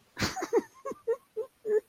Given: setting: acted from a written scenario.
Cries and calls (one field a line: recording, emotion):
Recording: vocal sound without words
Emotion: sadness